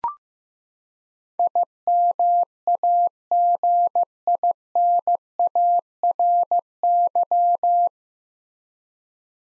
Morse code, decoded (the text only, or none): IMAGINARY